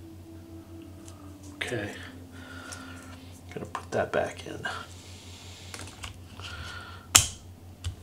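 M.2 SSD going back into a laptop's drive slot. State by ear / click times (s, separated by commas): seated / 7.2 s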